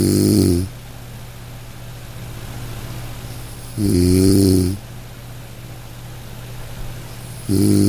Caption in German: Entspannung mit dem Klang des Schnarchens den sanften und rhythmischen Geräuschen des Schnarchens. Das monotonale Brummen.